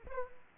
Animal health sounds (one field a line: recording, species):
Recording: mosquito wingbeat signal from an infrared sensor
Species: Aedes aegypti